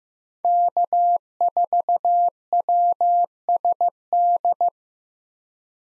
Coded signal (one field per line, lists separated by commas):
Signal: Morse code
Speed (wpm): 15 wpm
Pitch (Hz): 700 Hz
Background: none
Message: K4WSD